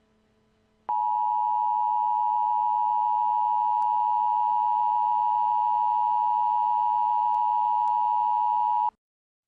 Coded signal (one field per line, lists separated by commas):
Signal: Emergency Alert System (SAME) tones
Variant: 853 and 960 Hz attention tone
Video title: EAS Scenarios:The Birds